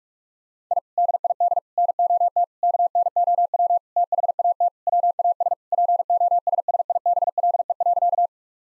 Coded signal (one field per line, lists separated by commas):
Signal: Morse code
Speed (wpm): 46 wpm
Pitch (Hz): 700 Hz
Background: none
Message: I DID NOT KNOW THAT WAS POSSIBLE.